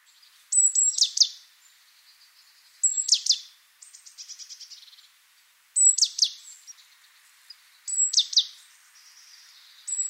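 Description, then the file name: Great tit calls: high notes dropping into harsh buzzy bursts, repeated in spaced groups, with a brief quieter rapid rattle between them. "Parus major"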